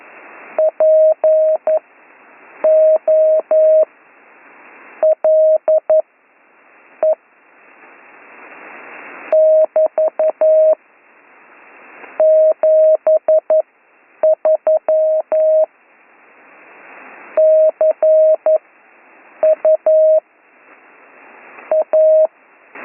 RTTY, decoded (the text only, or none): none